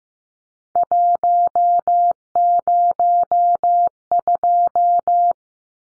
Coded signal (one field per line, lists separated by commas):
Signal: Morse code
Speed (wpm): 15 wpm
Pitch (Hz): 700 Hz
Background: none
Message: 102